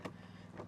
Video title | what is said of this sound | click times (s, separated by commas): WildAx Aurora leisure XL - Handover Video | it's good and sound you hear a definite click as the green button inserts | 0.1 s